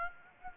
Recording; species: mosquito wingbeat signal from an infrared sensor; Aedes aegypti